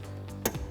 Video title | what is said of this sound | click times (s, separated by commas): 2010-2012 Mustang Renegade Series Sequential LED Tail Lights Review & Install | Assurez-vous qu'il se clipse en place. | 0.5 s